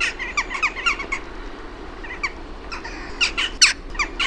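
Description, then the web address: Western jackdaw calls: short, sharp, squeaky notes given in quick irregular series, a pause, then another louder cluster of harsh chacks. "OMAT AANITYKSET NAAKKA. OMAT LINTUAANITYKSET"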